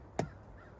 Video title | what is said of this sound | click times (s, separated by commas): 07-13 THERMOSTAT REPLACEMENT! - SUPER EASY - | just like that. Probably was blocking y'all with my hand, but y'all probably heard it. Popped in | 0.2 s